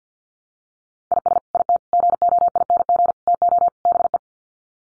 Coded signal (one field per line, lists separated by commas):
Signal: Morse code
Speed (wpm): 49 wpm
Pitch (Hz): 700 Hz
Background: none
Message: IS IT GOING TO BE